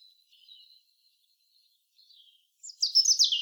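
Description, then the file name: European robin: faint, thin high notes followed by a short, loud burst of rapid, descending high tones at the end. "Erithacus rubecula"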